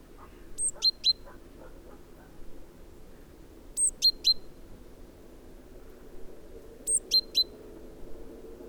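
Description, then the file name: Great tit calling with sparse three-note groups, one high note then two crisp lower ones, spaced about three seconds apart, with faint background noise. "Parus major"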